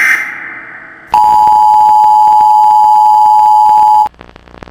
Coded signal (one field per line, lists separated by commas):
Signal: Emergency Alert System (SAME) tones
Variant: 853 and 960 Hz attention tone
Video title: EAS Scenario - The Sydney Harbour Bridge Explosion of 2025 [PART 3]